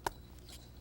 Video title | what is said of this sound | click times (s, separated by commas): FUNdementals of Inline Skating | and all you have to do is snap until you hear a click | 0.1 s